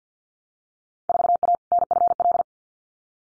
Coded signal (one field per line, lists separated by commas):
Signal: Morse code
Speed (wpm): 50 wpm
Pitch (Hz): 700 Hz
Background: none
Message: 4A NFL